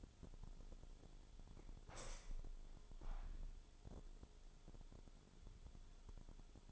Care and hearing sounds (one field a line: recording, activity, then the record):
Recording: daily activity, microphone in the room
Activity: open window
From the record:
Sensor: 5